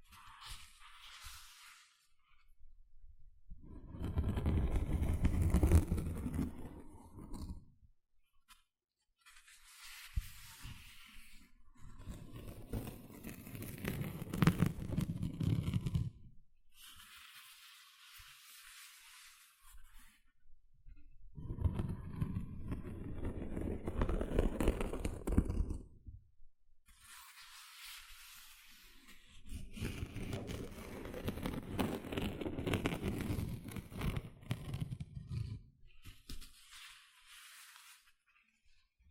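Gentle scratching comes in soft bursts of a few seconds each, separated by short near-silent pauses, about five rounds in all. Each burst is a dense, rustling scrape with a low, rumbling body and a faint hiss above, swelling and fading rather than staying steady.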